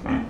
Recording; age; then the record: pig call; growing-finishing pig (85 days or more)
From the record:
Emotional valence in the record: negative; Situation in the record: barren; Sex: female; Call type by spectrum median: low-frequency call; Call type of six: low-frequency stable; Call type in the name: low-frequency stable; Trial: 1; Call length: 0.30 s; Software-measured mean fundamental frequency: 44 Hz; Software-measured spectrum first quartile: 236 Hz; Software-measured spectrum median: 354 Hz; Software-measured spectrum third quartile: 1096 Hz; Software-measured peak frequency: 258 Hz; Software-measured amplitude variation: 155 dB a second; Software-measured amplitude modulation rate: 25.2 a second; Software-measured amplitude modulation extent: 6.2 dB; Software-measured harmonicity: 4.0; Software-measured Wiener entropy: -1.31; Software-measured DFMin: 705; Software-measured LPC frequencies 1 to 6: 1041, 1804, 2373, 3067, 6233, 7179 Hz